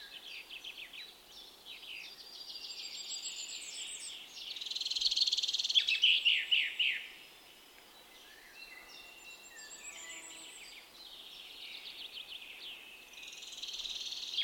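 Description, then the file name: Common chaffinch calling, a loud burst of rapid, repeated high notes around the middle, amid a busy mix of other chirping and trilling birds throughout. "Fringilla coelebs"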